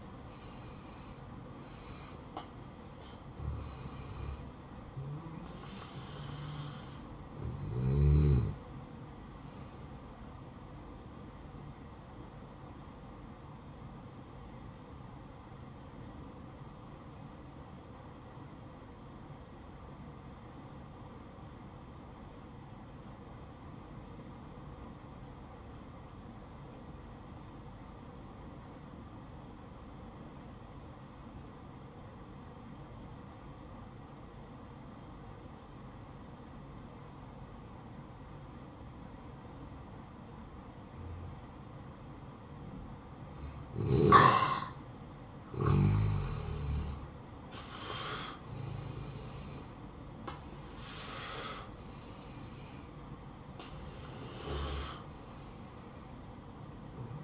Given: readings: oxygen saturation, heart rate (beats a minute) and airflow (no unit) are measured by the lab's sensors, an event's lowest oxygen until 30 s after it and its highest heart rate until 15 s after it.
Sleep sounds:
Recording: breathing in sleep by a smartphone at the bedside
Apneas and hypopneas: 1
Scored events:
14.00-46.90 s: obstructive apnea (N1, oxygen 96% highest, then 86% lowest, heart rate 58 at the start, 66 highest)
31.00-57.24 s: new sleep stage, N2 (light sleep)
From the record:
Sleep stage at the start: N1 (lightest sleep)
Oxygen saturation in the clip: 86 to 96%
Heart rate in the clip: 56 to 70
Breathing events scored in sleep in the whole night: 573 in 9.8 hours asleep

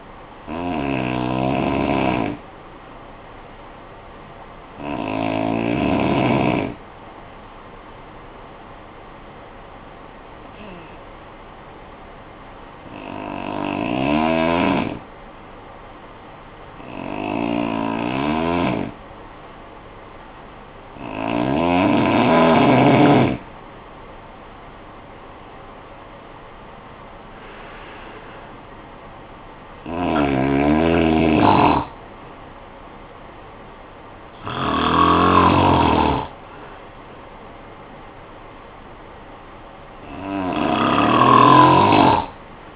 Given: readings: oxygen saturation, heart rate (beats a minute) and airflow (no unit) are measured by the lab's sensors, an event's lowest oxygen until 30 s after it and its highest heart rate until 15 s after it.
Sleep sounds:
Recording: breathing in sleep by a voice recorder at the bedside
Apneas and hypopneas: 1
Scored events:
8.00-24.50 s: hypopnea (N1, oxygen 94% highest, then 88% lowest, heart rate 52 at the start, 68 highest)
From the record:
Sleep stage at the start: N1 (lightest sleep)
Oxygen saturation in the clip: 89 to 94%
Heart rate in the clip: 50 to 68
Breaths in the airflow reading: 10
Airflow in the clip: -18.0 to 11.0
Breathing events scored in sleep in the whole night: 445 in 7.6 hours asleep

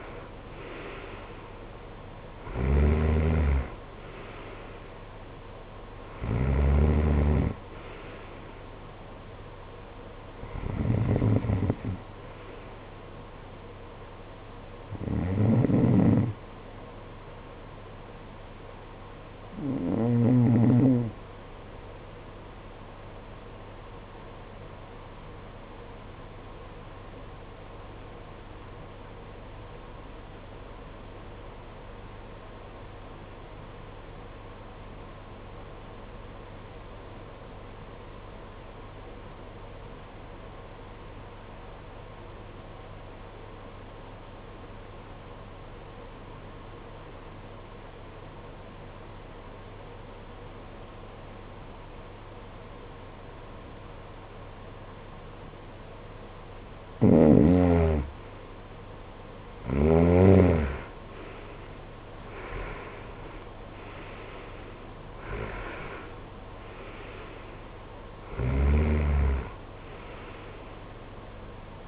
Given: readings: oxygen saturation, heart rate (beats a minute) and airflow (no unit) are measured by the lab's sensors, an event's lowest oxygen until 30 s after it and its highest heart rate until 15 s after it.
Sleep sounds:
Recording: breathing in sleep by a voice recorder at the bedside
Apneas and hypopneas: 1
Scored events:
25.00-58.40 s: obstructive apnea (N1, oxygen 95% highest, then 80% lowest, heart rate 49 at the start, 73 highest)
From the record:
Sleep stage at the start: N1 (lightest sleep)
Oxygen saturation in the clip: 81 to 95%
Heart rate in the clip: 48 to 73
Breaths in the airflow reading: 11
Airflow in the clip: -16.8 to 15.6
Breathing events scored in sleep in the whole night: 476 in 9.7 hours asleep

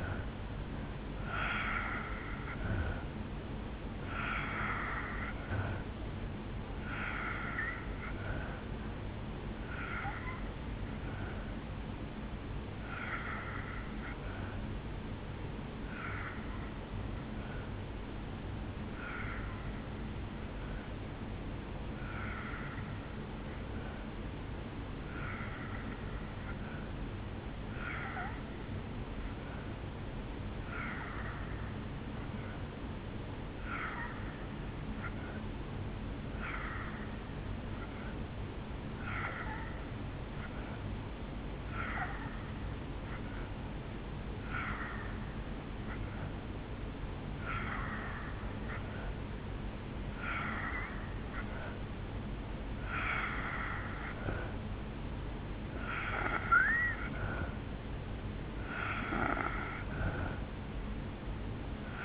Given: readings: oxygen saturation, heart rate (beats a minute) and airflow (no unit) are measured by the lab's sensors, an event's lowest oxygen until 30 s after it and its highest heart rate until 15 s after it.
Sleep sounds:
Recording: breathing in sleep by a voice recorder at the bedside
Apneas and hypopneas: 1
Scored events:
15.00-44.30 s: hypopnea (N3, oxygen 91% highest, then 83% lowest, heart rate 66 at the start, 70 highest)
35.00-62.05 s: new sleep stage, N2 (light sleep)
From the record:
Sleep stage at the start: N3 (deep sleep)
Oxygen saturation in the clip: 83 to 91%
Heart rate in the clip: 63 to 70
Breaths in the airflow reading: 12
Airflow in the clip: -5.7 to 2.5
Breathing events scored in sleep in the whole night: 449 in 7.0 hours asleep

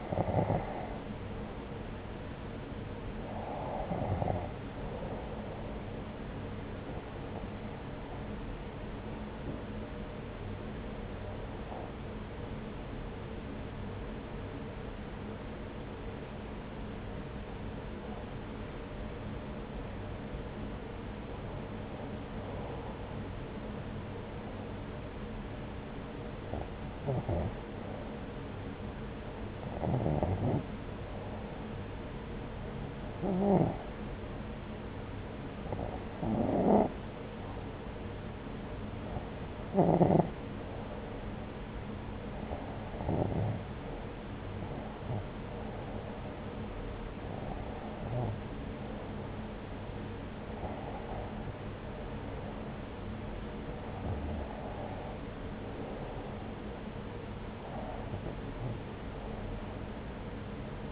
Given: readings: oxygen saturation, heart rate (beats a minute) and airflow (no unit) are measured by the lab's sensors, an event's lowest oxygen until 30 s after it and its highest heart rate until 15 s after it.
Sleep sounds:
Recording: breathing in sleep by a voice recorder at the bedside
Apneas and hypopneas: 1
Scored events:
10.00-42.50 s: hypopnea (N1, oxygen 94% highest, then 89% lowest)
From the record:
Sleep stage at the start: N1 (lightest sleep)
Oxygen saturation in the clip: 90 to 95%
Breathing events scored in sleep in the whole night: 303 in 8.1 hours asleep

